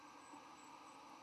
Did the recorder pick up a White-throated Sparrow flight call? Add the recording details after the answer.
no. No flight call is heard. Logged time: 11:22 on 12 November 2014